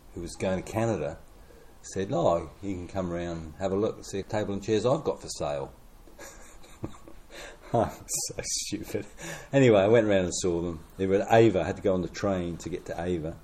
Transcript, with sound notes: who was going to Canada, said, “Oh, you can come round and have a look at table and chairs I’ve got for sale.” [Chuckle] I’m so stupid! Anyway, I went round and saw them; they were at Ava – I had to go on the train to get to Ava.